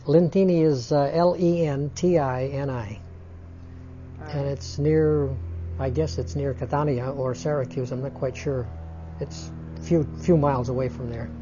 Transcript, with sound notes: Lentini is L-E-N-T-I-N-I, and it's near, I guess it's near Catania or Syracuse. ( an airplane can be heard in the background ) I'm not quite sure. It's a few miles away from there.